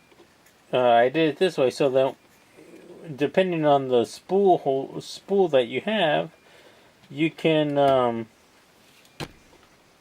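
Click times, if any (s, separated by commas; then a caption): 9.2 s. Someone talks while fitting a 3D-printed plastic spool holder piece into its mount. At 9.2 s a single short, sharp click rings out as the piece snaps and locks into place.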